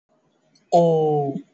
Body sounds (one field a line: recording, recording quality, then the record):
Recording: sustained vowel as in boot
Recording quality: excellent, no background noise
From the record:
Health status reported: healthy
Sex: male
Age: 20 years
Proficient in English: yes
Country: India